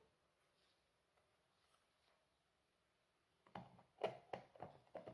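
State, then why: Not seated. A floor panel is handled and pressed toward a modular ant-nest frame after the piece is flipped over. After about 3.5 seconds of near-silence, a series of short knocks and scrapes of handling comes at about 3.6, 4.3, 4.6 and 5.1 seconds. The clip ends with the floor not yet in place; nothing has seated or clicked yet.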